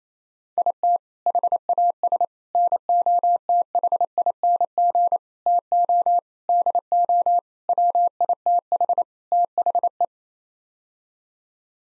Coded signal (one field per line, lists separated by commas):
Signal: Morse code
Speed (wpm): 28 wpm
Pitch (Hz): 700 Hz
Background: none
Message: IT HAS NOTHING TO DO WITH THE